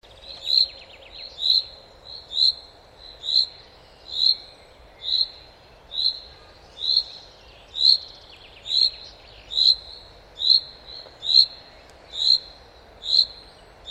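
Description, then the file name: Common chaffinch giving short bright call notes, repeated steadily about once a second throughout, with a faint hiss of background noise. "Fringilla coelebs"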